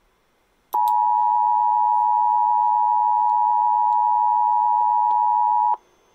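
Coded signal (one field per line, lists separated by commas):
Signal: Emergency Alert System (SAME) tones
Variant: 853 and 960 Hz attention tone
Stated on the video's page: Required weekly test (RWT) of the Emergency Alert System, event codes 3101-3103, carried by a radio station.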